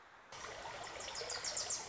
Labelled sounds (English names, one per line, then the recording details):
Wilson's Warbler
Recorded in Sonoma County, California